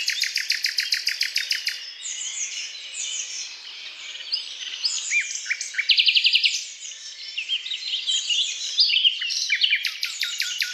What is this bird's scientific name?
Luscinia megarhynchos